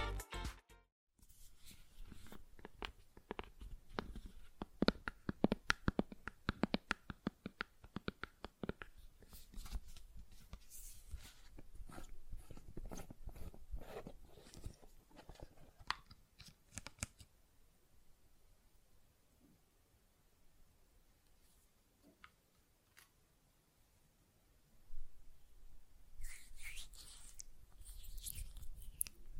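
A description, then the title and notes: Gel lotion being worked between hands, with dense, quick wet clicks and squelches filling the first seventeen seconds, some sharp and bright. The middle stretch turns sparse and quiet with only scattered soft taps, then a burst of rubbing returns near twenty-five seconds. ASMR Gel Lotion Hand Sounds (No Talking).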